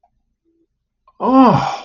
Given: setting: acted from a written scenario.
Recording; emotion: vocal sound without words; awe